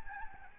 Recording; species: mosquito wingbeat signal from an infrared sensor; Aedes albopictus